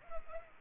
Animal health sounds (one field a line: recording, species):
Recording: mosquito wingbeat signal from an infrared sensor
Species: Culex pipiens